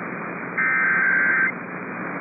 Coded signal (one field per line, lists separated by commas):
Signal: Emergency Alert System (SAME) tones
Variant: header bursts